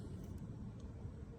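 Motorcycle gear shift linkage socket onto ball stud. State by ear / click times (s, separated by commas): not seated / none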